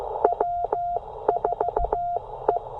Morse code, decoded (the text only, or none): W4E